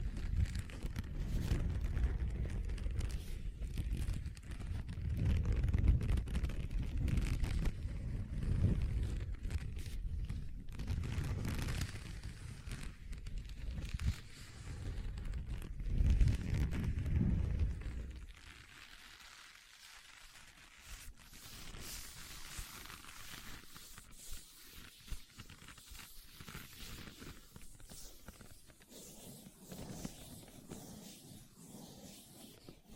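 Leather being tapped and scratched: for about the first eighteen seconds, dense, deep rumbling rubs and knocks come thick and fast, swelling around the five- and sixteen-second marks. After that it drops much quieter, leaving softer, thinner scratching with a faint hiss.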